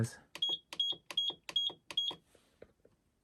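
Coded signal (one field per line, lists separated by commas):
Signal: none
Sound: knitting machine's beeps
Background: speech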